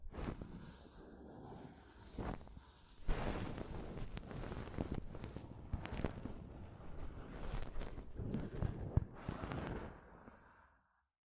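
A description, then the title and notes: Soft fabric brushes against a microphone in a continuous rough, rustling scrub with a deep rumble underneath. Bursts swell and fade, with a short pause near two seconds and a louder stretch from three to ten seconds before it stops abruptly. ASMR Mic Brushing using Soft Fabric (No Talking).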